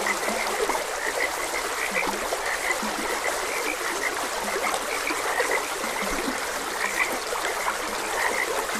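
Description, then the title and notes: Chorus of frogs with repeated croaks and several deeper grunting calls, accompanied by continuous babbling water. Frogs croaking beside a gentle stream. "Gentle Stream and Frogs Croaking. Sleep and Relaxation Podcast"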